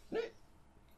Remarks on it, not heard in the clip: I'm hiccuping a lot. It was a weird hiccup.